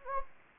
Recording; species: mosquito wingbeat signal from an infrared sensor; Anopheles gambiae